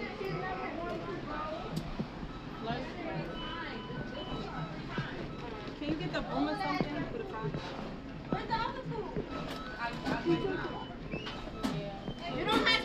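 Voices fill a busy McDonald's in New York, several people talking over one another in a steady murmur. Short clicks and knocks come through every second or so, with a faint low hum underneath. The chatter swells slightly near the end.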